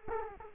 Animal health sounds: mosquito wingbeat signal from an infrared sensor; Culex quinquefasciatus

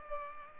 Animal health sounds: mosquito wingbeat signal from an infrared sensor; Culex pipiens

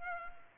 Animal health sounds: mosquito wingbeat signal from an infrared sensor; Culex pipiens

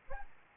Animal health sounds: mosquito wingbeat signal from an infrared sensor; Aedes albopictus

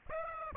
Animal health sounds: mosquito wingbeat signal from an infrared sensor; Aedes aegypti

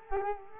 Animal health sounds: mosquito wingbeat signal from an infrared sensor; Culex quinquefasciatus

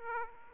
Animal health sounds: mosquito wingbeat signal from an infrared sensor; Aedes aegypti

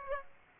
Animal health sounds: mosquito wingbeat signal from an infrared sensor; Aedes aegypti

